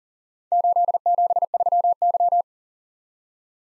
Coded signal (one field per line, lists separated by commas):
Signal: Morse code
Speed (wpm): 40 wpm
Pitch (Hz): 700 Hz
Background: none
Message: 873Y